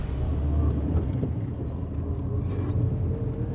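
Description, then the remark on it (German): A car rumbles along a potholed gravel road in the capital of Haiti, a steady, heavy low-pitched drone with uneven bumps and rattles running through it for the whole stretch, with no voices. “Ein Auto rumpelt über die löchrige Schotterstraße.”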